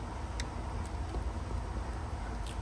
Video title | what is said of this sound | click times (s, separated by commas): LED SIDE MARKER LIGHTS INSTALL ON MY CAMARO SS | Wait till it snap. | 0.4 s